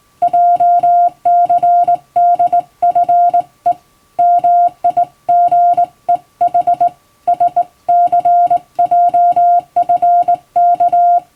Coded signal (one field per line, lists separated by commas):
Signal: Morse code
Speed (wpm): 19 wpm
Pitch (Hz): 700 Hz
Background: music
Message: JCDFE MIGEH SCJFK